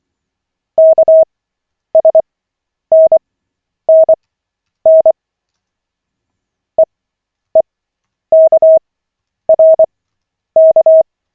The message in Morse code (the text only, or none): KSNNN EEKRK